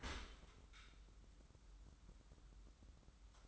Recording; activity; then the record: daily activity, microphone in the room; open dishwasher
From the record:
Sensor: 3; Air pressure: 994.4 hPa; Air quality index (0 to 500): 209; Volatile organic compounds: 1000 ppm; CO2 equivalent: 6994 ppm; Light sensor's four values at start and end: 149/356/148/142 and 156/374/155/150